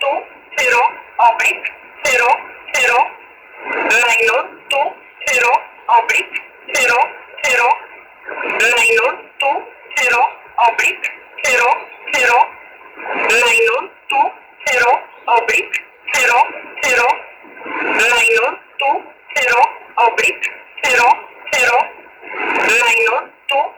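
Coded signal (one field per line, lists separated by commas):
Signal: numbers station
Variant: E11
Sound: voice repeating short groups like 'two zero oblique zero zero' over shortwave radio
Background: radio static, steady whistle tone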